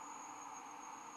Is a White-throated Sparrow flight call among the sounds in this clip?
no